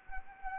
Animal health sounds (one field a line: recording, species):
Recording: mosquito wingbeat signal from an infrared sensor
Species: Anopheles arabiensis